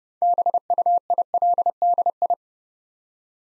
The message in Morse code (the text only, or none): BUILDI